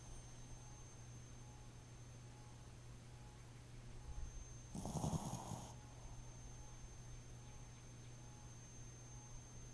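A single low, rough snoring snort at mid-clip from Jojo Boo, a sleeping pet, over a steady low background hum.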